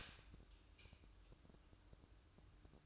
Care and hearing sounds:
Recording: daily activity, microphone in the room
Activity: stop toaster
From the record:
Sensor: 2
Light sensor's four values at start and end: 6/13/5/5 and 6/13/5/5

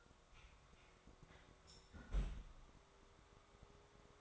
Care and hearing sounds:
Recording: daily activity, microphone in the room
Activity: close fridge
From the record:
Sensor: 3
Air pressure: 1004.6 hPa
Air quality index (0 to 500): 192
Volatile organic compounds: 13 ppm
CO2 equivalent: 2403 ppm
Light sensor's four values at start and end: 5/12/4/4 and 5/12/4/4

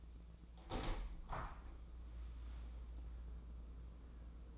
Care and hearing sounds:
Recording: daily activity, microphone in the room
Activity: open window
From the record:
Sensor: 1

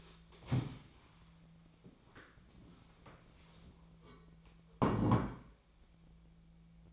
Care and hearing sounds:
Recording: daily activity, microphone in the room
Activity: stand up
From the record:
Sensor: 1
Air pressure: 1000.5 hPa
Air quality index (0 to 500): 176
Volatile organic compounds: 4 ppm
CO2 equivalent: 1631 ppm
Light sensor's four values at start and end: 14/33/14/16 and 14/33/14/16

